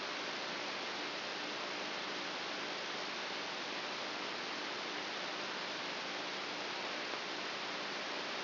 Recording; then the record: brain microelectrode recording played as sound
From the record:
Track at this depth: outside the subthalamic nucleus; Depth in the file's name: 7.44 mm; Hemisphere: right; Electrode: 2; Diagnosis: Parkinson's disease